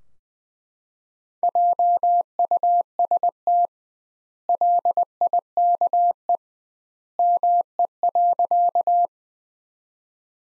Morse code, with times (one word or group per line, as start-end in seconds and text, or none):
1.4-3.7 JUST
4.5-6.4 LIKE
7.2-9.1 ME.